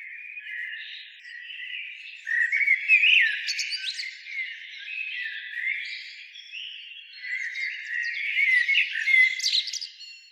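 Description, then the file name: Common blackbird singing in loose warbled phrases with sliding notes and fast twittery flourishes, two louder bouts at three and nine seconds. "Turdus merula"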